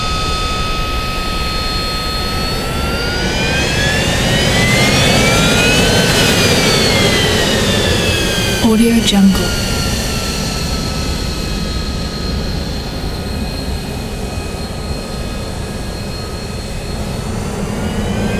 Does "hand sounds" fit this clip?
no